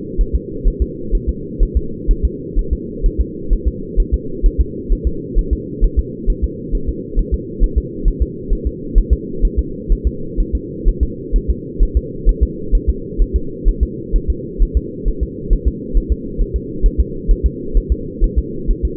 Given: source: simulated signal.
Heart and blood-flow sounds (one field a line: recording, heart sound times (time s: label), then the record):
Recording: fetal heart sounds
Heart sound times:
0.21 s: S1
0.35 s: S2
0.68 s: S1
0.82 s: S2
1.15 s: S1
1.29 s: S2
1.63 s: S1
1.77 s: S2
2.11 s: S1
2.25 s: S2
2.59 s: S1
2.73 s: S2
3.06 s: S1
3.21 s: S2
3.53 s: S1
3.68 s: S2
4.00 s: S1
4.14 s: S2
4.46 s: S1
4.61 s: S2
4.92 s: S1
5.07 s: S2
5.38 s: S1
5.53 s: S2
5.84 s: S1
5.99 s: S2
6.30 s: S1
6.44 s: S2
6.75 s: S1
6.89 s: S2
7.19 s: S1
7.34 s: S2
7.64 s: S1
7.78 s: S2
8.08 s: S1
8.22 s: S2
8.53 s: S1
8.67 s: S2
8.98 s: S1
9.13 s: S2
9.45 s: S1
9.59 s: S2
9.92 s: S1
10.07 s: S2
10.40 s: S1
10.55 s: S2
10.88 s: S1
11.03 s: S2
11.36 s: S1
11.50 s: S2
11.83 s: S1
11.97 s: S2
12.29 s: S1
12.43 s: S2
12.75 s: S1
12.89 s: S2
13.22 s: S1
13.36 s: S2
13.69 s: S1
13.83 s: S2
14.16 s: S1
14.30 s: S2
14.62 s: S1
14.77 s: S2
15.08 s: S1
15.23 s: S2
15.53 s: S1
15.68 s: S2
15.97 s: S1
16.12 s: S2
16.41 s: S1
16.56 s: S2
16.86 s: S1
17.00 s: S2
17.31 s: S1
17.46 s: S2
17.77 s: S1
17.92 s: S2
18.24 s: S1
18.38 s: S2
18.70 s: S1
18.85 s: S2
From the record:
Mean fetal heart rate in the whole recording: 130 bpm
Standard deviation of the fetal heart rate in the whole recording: 4 bpm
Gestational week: 38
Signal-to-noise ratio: -4.3 dB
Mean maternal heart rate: 72 bpm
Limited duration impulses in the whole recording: absent